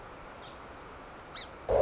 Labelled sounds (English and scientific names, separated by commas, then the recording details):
Song Sparrow (Melospiza melodia)
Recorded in Sonoma County, California